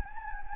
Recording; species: mosquito wingbeat signal from an infrared sensor; Anopheles gambiae